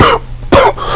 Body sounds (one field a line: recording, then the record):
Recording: coughing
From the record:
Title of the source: Coughing 79